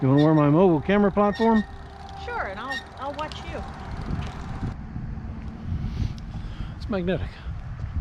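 A magnetic camera mount is handled onto a bike helmet outdoors while people talk, with light handling noises and background rumble. Nothing has seated or clicked yet; the clip ends before the mount locks in place.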